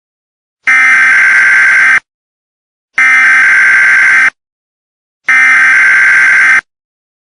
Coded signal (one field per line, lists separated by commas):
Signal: Emergency Alert System (SAME) tones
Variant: header bursts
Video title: [Revsling] EAS scenario vhs tape ￼1984